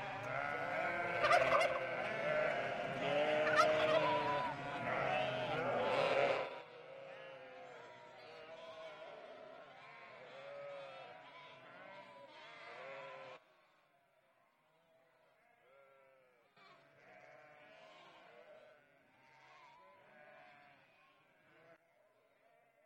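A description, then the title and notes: A flock of sheep and lambs bleats constantly, loud for the first six seconds with many overlapping calls. The chorus then steps down in level, continuing until about thirteen seconds, after which scattered, faint bleats trail off. This is a flock of sheep coming back to the yard in front of their barn after a day on the vast lush green pastures in easternmost Turkey close to the Georgian and Armenian borders. Behind the gate the hungry lambs are already waiting.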